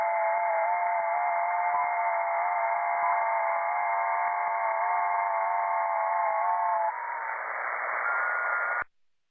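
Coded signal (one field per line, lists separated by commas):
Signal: FT8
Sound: several faint steady warbling tones over band-limited hiss, stopping abruptly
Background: radio static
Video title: Digital Amateur Radio Mode FT8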